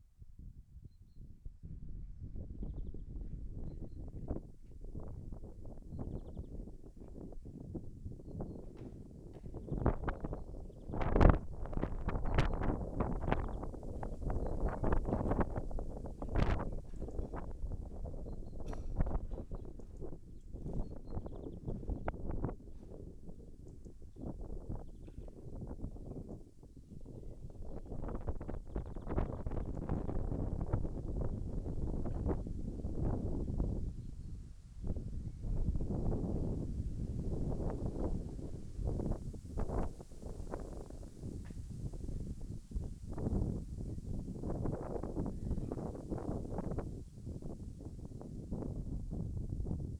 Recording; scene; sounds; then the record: everyday scene through a hearing-aid microphone; wind on the microphone; wind, other noises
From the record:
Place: in front of a rural house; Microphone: behind the ear, left, front